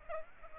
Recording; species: mosquito wingbeat signal from an infrared sensor; Aedes aegypti